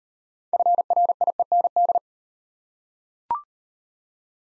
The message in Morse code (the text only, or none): FRIEND